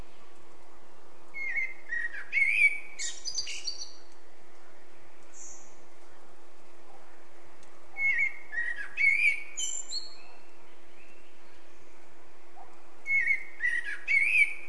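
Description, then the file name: Eurasian blackbird song repeated three times, each phrase of rich whistled warbles followed by thin high twittering, separated by pauses; steady low hum throughout. "Turdus merula"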